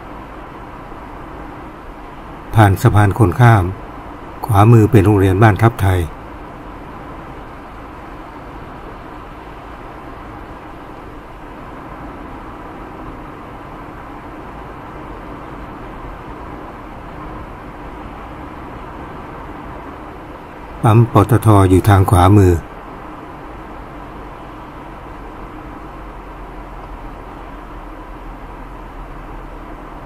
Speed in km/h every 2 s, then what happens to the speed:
58, 58, 58, 58, 58, 59, 60, 60, 60, 61, 61, 60, 58, 56, 54.
0-21 steady at about 59. 21-30 slows to 54.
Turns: none.